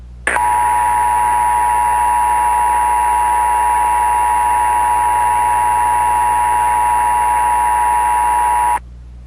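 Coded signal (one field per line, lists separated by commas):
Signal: Emergency Alert System (SAME) tones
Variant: 853 and 960 Hz attention tone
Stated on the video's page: Fictional EAS horror short using actual EAS tones.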